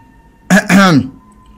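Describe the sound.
A voiced throat clearing as someone pushes a door open and steps inside, a short sharp burst followed by a longer, harmonic "ahem" that slides down in pitch, heard alone against a faint steady hum.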